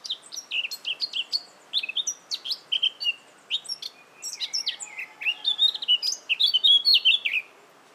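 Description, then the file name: Eurasian Blackcap singing a continuous, varied warble of quick high chirps and slurred notes, growing louder and richer toward the end. "Sylvia atricapilla"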